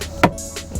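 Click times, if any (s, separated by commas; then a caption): 0.2 s. The sun visor of a 2021 Tesla Model X is lifted back up after its vanity mirror cover is closed, and a strong magnet pulls it into its holder by the headliner. A sharp click is heard at 0.2 s as it seats, followed by a softer thud at 0.8 s. The visor is held in place by the magnet.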